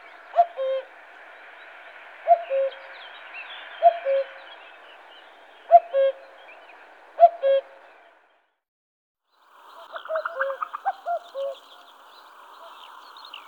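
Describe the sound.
Cuckoo calling a falling two-note cu-ckoo, repeated about every one and a half to two seconds, then a pause.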